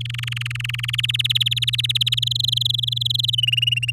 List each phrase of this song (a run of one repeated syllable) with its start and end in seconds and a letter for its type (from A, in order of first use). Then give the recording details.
0.00-1.01 A, 1.03-2.19 B, 2.22-3.35 C, 3.38-3.91 D. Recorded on 9 May 2018 at 06:18. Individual llb16